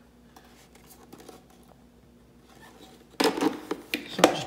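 A removable plastic part, likely the dust bin, is slid back into the body of a Neato D6 Botvac Connected robot vacuum, with the two notches at the back lined up. After near-silence, scraping and clattering handling noises start at about 3.2 s and build to a sharp snap at 4.2 s as the part pops into place and seats.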